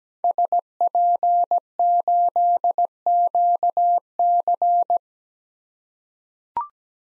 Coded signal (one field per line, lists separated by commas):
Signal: Morse code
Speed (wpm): 17 wpm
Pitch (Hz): 700 Hz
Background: none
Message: SP8QC